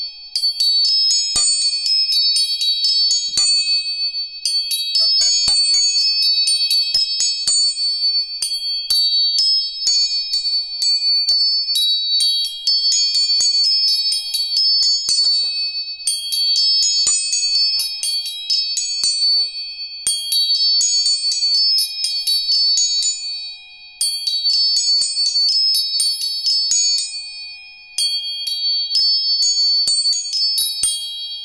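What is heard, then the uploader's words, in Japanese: Tuning forks are struck again and again, bright, high ringing tones overlapping densely in repeating bursts every few seconds, close and clear. 音叉チューニング全体性。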